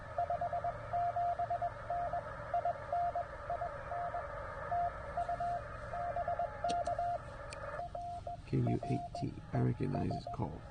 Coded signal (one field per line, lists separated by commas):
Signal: Morse code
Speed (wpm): 19 wpm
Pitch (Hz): 690 Hz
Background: speech, radio noise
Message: 57N IN IN TU BK R R ES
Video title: CW POTA at Land Between the Lakes in KY 04Nov2023